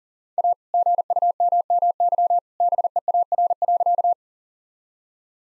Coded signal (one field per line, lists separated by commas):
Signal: Morse code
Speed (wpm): 40 wpm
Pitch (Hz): 700 Hz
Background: none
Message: A GUMMY BEAR.